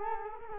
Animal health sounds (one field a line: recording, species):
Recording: mosquito wingbeat signal from an infrared sensor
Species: Culex quinquefasciatus